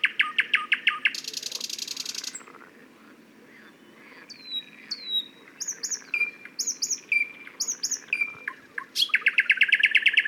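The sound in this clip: Thrush nightingale song: loud clicking rattles, a fast buzzy trill, then sharp descending whistled notes repeated several times before another dry rattling burst.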